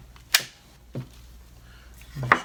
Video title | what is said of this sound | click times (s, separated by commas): FEAR Maintenance Videos: Tippmann TMC | just click right into place like so now the grip has | 0.4 s, 2.3 s